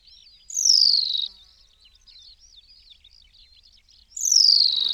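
New Zealand pipit call: two strong downslurred notes about three and a half seconds apart, separated by soft, thin twittering phrases.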